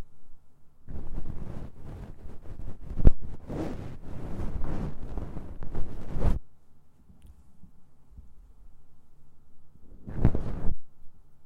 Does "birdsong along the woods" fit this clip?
no